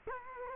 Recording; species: mosquito wingbeat signal from an infrared sensor; Culex quinquefasciatus